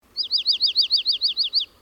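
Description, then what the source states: Junco trill: about ten identical high, down-slurred notes repeated evenly and quickly over roughly one and a half seconds. December 2011.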